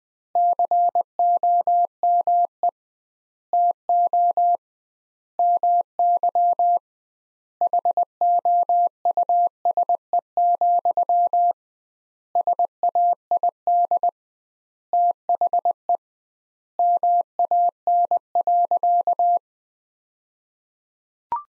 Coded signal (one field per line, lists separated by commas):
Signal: Morse code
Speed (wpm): 21 wpm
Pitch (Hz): 700 Hz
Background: none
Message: COME TO MY HOUSE, SAID THE MAN.